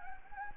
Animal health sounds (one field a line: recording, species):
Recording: mosquito wingbeat signal from an infrared sensor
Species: Anopheles gambiae